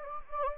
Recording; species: mosquito wingbeat signal from an infrared sensor; Anopheles gambiae